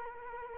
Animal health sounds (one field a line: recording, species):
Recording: mosquito wingbeat signal from an infrared sensor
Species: Culex quinquefasciatus